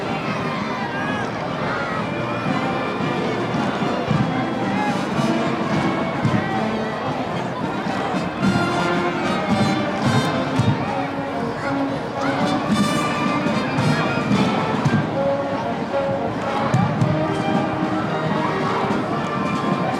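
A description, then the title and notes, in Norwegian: A children's parade with cheering and a marching band: a dense, unbroken wash of many voices shouting and chattering, with short tones from the band rising out of it now and then. The level stays steady throughout, with brief sharper bursts of cheering along the way. Lyden av jublende barnetog og korps på 17.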